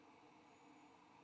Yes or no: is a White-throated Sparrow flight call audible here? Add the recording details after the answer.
no. No flight call is heard. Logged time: 05:52 on 29 November 2014